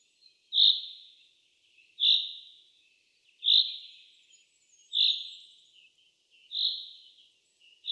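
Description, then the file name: Common chaffinch calling, a short bright repeated note given about every one and a half seconds, steady and evenly spaced, with a quiet background. "Fringilla coelebs"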